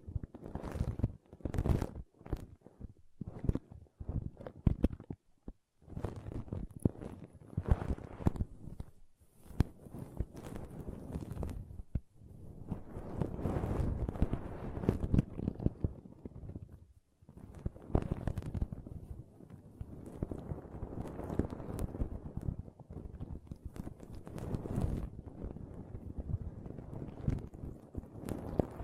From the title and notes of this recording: ASMR Ultimate Pom Pom Tingles (No Talking).